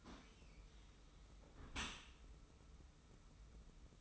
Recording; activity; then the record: daily activity, microphone in the room; close dishwasher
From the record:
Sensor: 1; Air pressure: 991.3 hPa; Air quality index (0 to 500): 123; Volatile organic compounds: 249 ppm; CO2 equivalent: 4359 ppm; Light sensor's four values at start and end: 41/127/50/52 and 41/127/50/52